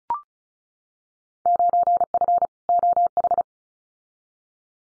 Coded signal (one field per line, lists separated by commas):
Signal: Morse code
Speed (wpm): 34 wpm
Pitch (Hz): 700 Hz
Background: none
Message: 9F OH